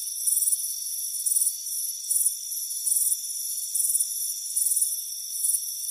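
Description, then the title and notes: Cricket chirping, short high trills repeated close to once a second, with a faint steady insect drone beneath. Warm afternoon, front porch. "Soothing Crickets Chirping Sound. It's a warm afternoon as you relax in a hammock on the front porch. Deep Sleep Sounds"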